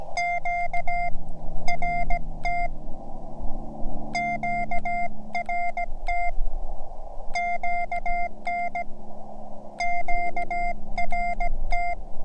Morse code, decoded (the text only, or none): QRT QRT QN QRT